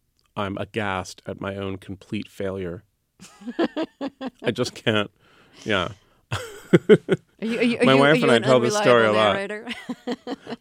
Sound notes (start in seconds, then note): 3.2 laughter; 6.3 laughter